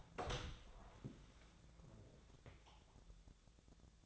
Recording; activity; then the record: daily activity, microphone in the room; open door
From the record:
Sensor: 3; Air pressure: 1000.5 hPa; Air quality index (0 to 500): 181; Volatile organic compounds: 4 ppm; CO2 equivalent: 1570 ppm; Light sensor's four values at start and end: 12/29/12/13 and 12/29/12/13